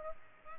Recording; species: mosquito wingbeat signal from an infrared sensor; Culex pipiens